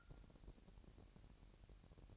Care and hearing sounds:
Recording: daily activity, microphone in the room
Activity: take from stove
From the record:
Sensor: 2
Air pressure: 1011.9 hPa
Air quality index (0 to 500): 200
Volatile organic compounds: 3 ppm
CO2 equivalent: 1413 ppm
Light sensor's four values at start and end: 61/147/61/58 and 61/147/61/58

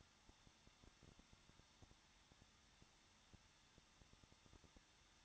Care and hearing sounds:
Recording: daily activity, microphone in the room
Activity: no activity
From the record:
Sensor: 3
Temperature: 21.2 degrees Celsius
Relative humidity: 36.4%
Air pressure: 1006.3 hPa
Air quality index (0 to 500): 223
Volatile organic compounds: 43 ppm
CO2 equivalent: 3196 ppm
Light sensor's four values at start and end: 2/3/2/2 and 2/3/2/2

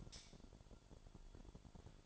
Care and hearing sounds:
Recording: daily activity, microphone in the room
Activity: light off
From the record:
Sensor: 5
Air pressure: 1008.0 hPa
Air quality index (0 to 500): 105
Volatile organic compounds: 1 ppm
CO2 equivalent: 816 ppm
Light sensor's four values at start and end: 33/76/31/31 and 33/75/31/30

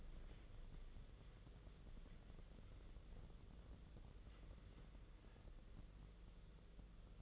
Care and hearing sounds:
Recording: daily activity, microphone in the room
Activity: wipe stove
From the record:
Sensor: 4

